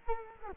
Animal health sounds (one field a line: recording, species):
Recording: mosquito wingbeat signal from an infrared sensor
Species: Culex quinquefasciatus